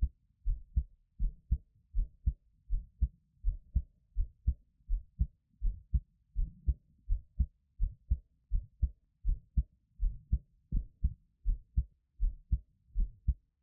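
A normal adult heartbeat heard up close, a steady low-pitched lub-dub at about 80 beats per minute.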